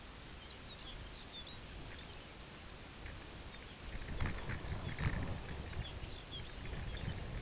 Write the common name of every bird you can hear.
Lapland Longspur